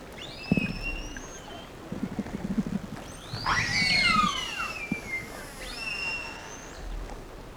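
Whale calls: a thin high whistle that dips and levels, then a burst of looping sweeps, with scattered low clicks and buzzy pulses.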